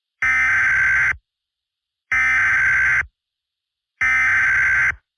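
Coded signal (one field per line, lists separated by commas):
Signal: Emergency Alert System (SAME) tones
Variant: header bursts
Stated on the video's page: Fictional EAS scenario with custom display font.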